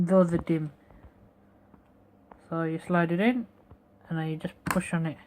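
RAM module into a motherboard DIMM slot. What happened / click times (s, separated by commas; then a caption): The module is being slid in and pressed, but no seating click is heard yet / none. A second RAM stick (DIMM) is being slid into its motherboard DIMM slot and pushed down by hand, while someone talks in short bursts with a few faint brief ticks in between. The module has not seated yet, and the plastic retention clips have not snapped or clicked.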